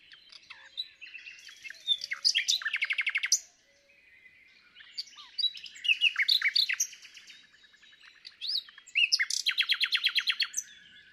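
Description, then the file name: Common nightingale song: three rich phrases, each building from varied chirps into a rapid series of loud repeated notes, separated by short pauses. "Luscinia megarhynchos"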